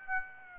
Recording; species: mosquito wingbeat signal from an infrared sensor; Aedes aegypti